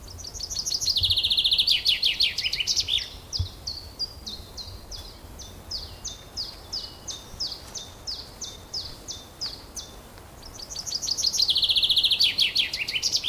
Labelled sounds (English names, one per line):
Common Chaffinch song